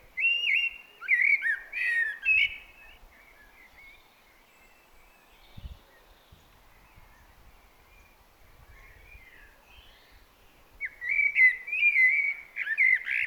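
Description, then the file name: Common blackbird song, fluty phrases at the start and again near the end, separated by a long quieter stretch with faint low thuds. "Turdus merula"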